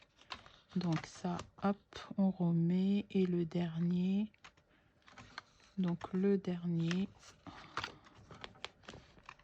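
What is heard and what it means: An interchangeable zigzag cutting blade is handled and swapped on a plastic paper trimmer after a first attempt that did not engage, with light plastic taps and clicks scattered through the clip while someone talks. Nothing has seated or clicked home yet by the end.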